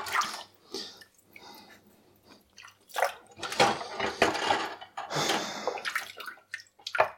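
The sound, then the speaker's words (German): Running water splashes in irregular bursts as dishes, including a wooden cooking spoon, are washed by hand and handled, with soft clinks and rushing, hissy surges rising and falling; no one speaks. “Wie macht ihr das eigentlich so beim Abwaschen?”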